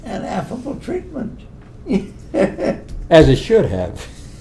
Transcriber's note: laughs